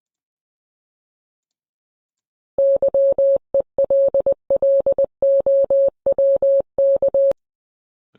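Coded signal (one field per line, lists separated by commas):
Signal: Morse code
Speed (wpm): 20 wpm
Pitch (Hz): 550 Hz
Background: none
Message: YELLOWK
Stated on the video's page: Morse code hidden in an audio file for a capture-the-flag challenge.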